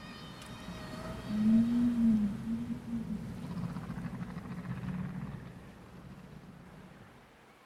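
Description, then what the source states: Whale sound: a deep, drawn-out moan with faint higher overtones, then a fading rumbling underwater background. Recorded in the ocean.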